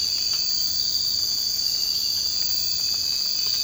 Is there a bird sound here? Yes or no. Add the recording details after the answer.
no. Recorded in secondary vegetation near Puerto Asís, Putumayo, Colombia, on 24 March 2025 at 02:30. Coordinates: 0.502, -76.326. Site G100